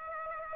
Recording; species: mosquito wingbeat signal from an infrared sensor; Aedes aegypti